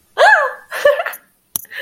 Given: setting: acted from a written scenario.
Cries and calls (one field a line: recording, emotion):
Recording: vocal sound without words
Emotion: positive surprise